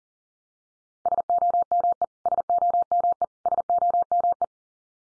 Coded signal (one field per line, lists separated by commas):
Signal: Morse code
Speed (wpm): 40 wpm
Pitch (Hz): 700 Hz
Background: none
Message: SOME SOME SOME